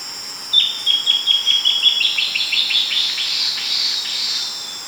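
Bird calls: short, high chips coming faster and faster into a blurred, buzzy trill that fades, over constant shrill insect hum.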